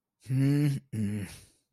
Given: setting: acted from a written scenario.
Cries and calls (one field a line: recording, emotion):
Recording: vocal sound without words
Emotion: disappointment